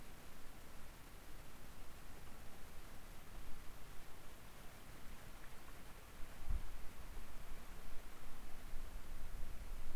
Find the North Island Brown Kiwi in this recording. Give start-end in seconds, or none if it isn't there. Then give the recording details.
none. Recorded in New Zealand on 16 October 2015. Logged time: 20:14. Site BM6